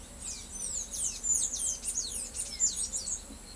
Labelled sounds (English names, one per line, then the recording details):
Palm Tanager
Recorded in pastures near Pivijay, Magdalena, Colombia, on 5 June 2023 at 08:00
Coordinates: 10.456, -74.369
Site P6-G026